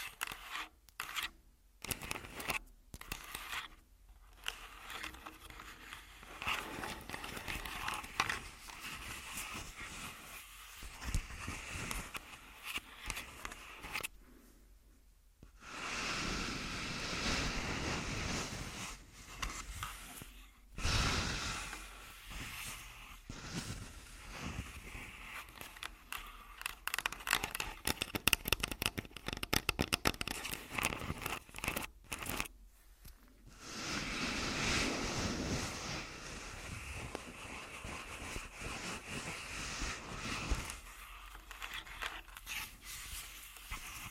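Tapping and scratching on a recorder body: sharp taps and clicks come in irregular bursts, with brief silences between clusters. Longer stretches of rough, bright scraping swell around 15–20 seconds and again near 33–38 seconds, louder than the tapping.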